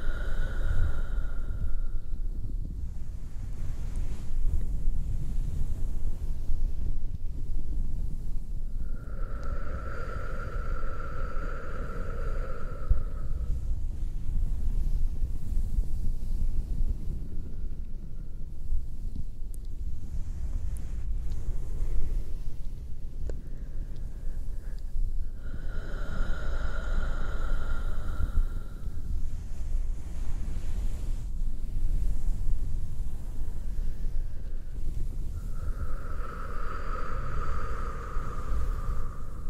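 Intense, bassy towel rubbing fills the whole stretch as a dense, rumbling texture with scratchy grain on top. Softer breathy swells rise and fade at the start, around 10 seconds, near 27 seconds and again near the end.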